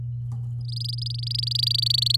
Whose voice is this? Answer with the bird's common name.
Domestic Canary